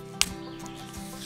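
Someone presses the push button of the core locking device on the joint of a collapsible carbon trekking pole, releasing the sections so the pole breaks down and can be pulled apart. A sharp click lands at 0.2 s, followed by a faint tick at 0.7 s over a low steady hum. The lock is released.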